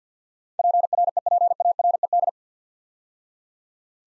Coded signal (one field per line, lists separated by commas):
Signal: Morse code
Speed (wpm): 52 wpm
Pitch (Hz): 700 Hz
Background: none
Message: PREPARED